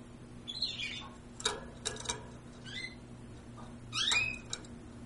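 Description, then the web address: Bird calls, soft chirps and a few clicky notes, with one louder sweeping chirp near the end and a constant low hum beneath. "sounds aves"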